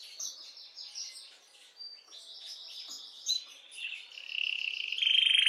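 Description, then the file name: Canary song, a quiet, varied high twittering of short notes that ends in a louder, steady buzzy trill over the last second. Belgian mosaic canary. "canto do canario belga mosaico"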